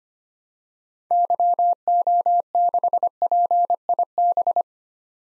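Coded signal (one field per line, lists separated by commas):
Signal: Morse code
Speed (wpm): 25 wpm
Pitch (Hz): 700 Hz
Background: none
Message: YO6PIB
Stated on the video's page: Morse code practice at 25 wpm of common SOTA activator call signs for head-copy, each sent, spoken, then sent again.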